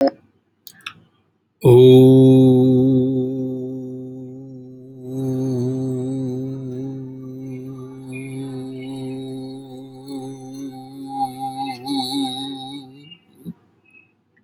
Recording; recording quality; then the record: sustained vowel as in boot; excellent, no background noise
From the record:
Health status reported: healthy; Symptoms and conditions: hypertension, diabetes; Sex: male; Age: 63 years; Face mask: not worn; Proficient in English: yes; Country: India